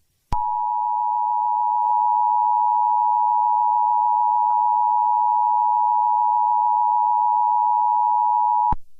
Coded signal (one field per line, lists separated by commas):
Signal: Emergency Alert System (SAME) tones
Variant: 853 and 960 Hz attention tone